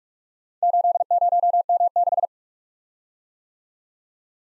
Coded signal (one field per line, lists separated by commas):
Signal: Morse code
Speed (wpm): 46 wpm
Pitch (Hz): 700 Hz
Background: none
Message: 80M6